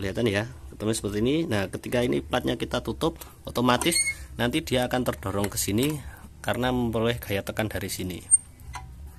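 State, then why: Not seated. Someone talks throughout while handling the fuel filler flap of an old Toyota Kijang Super fitted with an automatic central-lock opener, with the plate being brought toward the metal latch pin that will catch it and lock it shut. A brief faint tap is heard near 8.6 s. Nothing has clicked or seated yet.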